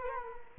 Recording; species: mosquito wingbeat signal from an infrared sensor; Culex quinquefasciatus